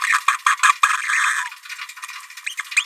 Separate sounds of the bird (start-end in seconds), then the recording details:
0.07-0.18, 0.63-0.72, 0.83-0.88, 2.46-2.55, 2.76-2.84. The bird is a female. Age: 27 days. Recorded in a nest box in Venezuela. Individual 17B73B2